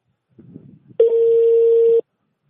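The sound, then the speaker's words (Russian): A steady, unbroken telephone line tone, heard while waiting on the line to be connected to an operator, holds at one mid pitch for about a second, preceded by a brief stretch of soft, muffled low rustling, then cuts off abruptly. “Для соединения с оператором оставайтесь на линии.”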